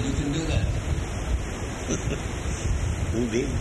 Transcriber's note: laughs